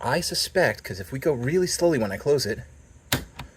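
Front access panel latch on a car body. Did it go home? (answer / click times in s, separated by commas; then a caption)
partly / 3.1 s. Someone talks, then the front access panel of a Lotus Evora is closed slowly onto its latch on the car body. The latch catches with one sharp click at 3.1 s, but the second locking click never comes, so the panel sits proud and does not lock fully.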